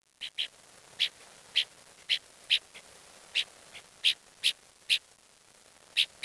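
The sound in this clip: Bird calls: short, sharp, high notes repeated at uneven intervals, some softer than others, over a faint steady hiss.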